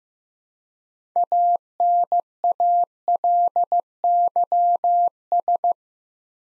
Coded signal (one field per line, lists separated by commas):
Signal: Morse code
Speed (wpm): 15 wpm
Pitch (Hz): 700 Hz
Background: none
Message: ANALYS